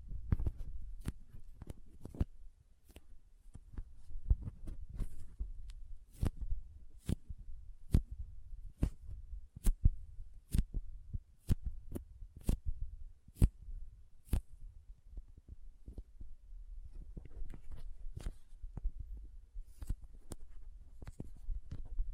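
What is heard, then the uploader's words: Soft, squishy, sticky sounds with crinkling and cutting, heard as a string of sharp clicks and snaps about once or twice a second. Between them runs a low, muffled rumble with faint rustling. The clicks thin out after fifteen seconds, leaving quieter scattered crackles. Soft Squishy Sticky, Crinkle, Cutting Sounds.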